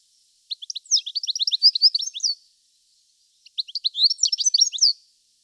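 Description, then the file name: European goldfinch giving two bursts of bright, tinkling twitter, each about two seconds of rapid liquid notes, separated by a short silent pause. "Carduelis carduelis"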